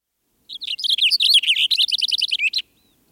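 Cassin's finch singing a lively two-second warble, a jumbled run of bright, slurred chirps and trills tumbling rapidly up and down, then silence.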